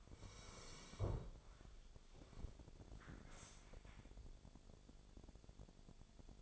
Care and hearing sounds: daily activity, microphone in the room; sit down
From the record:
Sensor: 5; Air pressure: 1000.5 hPa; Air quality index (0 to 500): 139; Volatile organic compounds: 2 ppm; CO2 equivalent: 1083 ppm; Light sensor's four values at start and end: 44/102/42/44 and 44/103/42/44

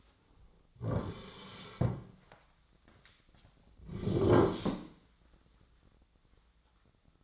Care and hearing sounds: daily activity, microphone in the room; sit down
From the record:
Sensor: 3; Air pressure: 1009.2 hPa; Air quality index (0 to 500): 186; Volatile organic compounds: 3 ppm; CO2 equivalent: 1508 ppm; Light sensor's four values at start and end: 39/99/44/45 and 47/119/53/53

